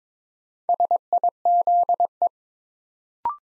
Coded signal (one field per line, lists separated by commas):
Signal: Morse code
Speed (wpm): 22 wpm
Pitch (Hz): 700 Hz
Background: none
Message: SIZE